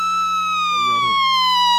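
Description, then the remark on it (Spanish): A loud, sustained siren sound effect, played during a sermon to imitate a siren, glides slowly downward in pitch, with a brief stretch of voice mixed underneath partway through. “Para remedar una sirena sirbuena.”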